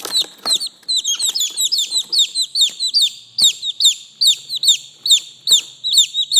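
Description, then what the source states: Chick peeping: rapid, piercing peeps sliding downward, closely spaced, with some tapping noises early and a faint buzz later. Chick, a young chicken, calling.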